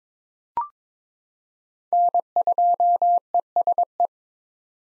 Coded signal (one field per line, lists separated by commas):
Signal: Morse code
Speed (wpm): 22 wpm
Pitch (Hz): 700 Hz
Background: none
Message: N2ESE